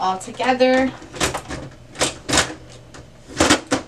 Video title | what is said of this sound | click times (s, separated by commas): Brother HL L5200dw - Replace Toner Cartridge - Onyx Imaging | Once you hear it click in the printer, you know it's in there the right way. | 3.4 s, 3.7 s